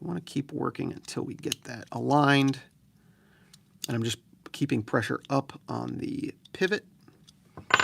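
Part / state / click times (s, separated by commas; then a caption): added tool component (scissors/saw) onto multitool pivot / seated / 7.7 s. Someone talks while keeping pressure on the pivot of a Leatherman Bond multitool and nudging a metal scissors/saw component from the other side, because it had not yet seated and a fingernail could still fit under it. Faint small ticks follow, and a sharp click at 7.7 s marks the component dropping down flush and seating all the way on the pivot.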